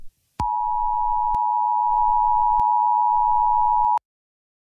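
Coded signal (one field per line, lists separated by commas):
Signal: Emergency Alert System (SAME) tones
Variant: 853 and 960 Hz attention tone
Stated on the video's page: Valid alert tones within an animated short film.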